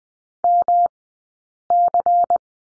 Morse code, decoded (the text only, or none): MC